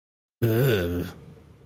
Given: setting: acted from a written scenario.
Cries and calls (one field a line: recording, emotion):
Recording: vocal sound without words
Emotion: disgust